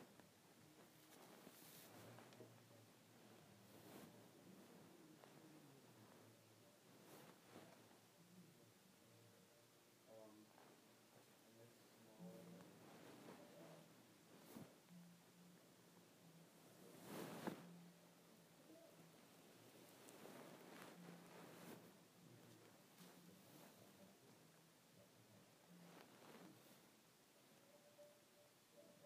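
Scratching of a head, a dry, bristly rustle that comes in short strokes and bursts throughout, with sharper louder scrapes near 2, 7, 15 and 17 seconds. Beneath it runs a faint low murmur, like voices or a hum.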